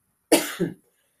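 A single brief cough from an adult woman with a common cold: a sharp burst, then a shorter voiced tail.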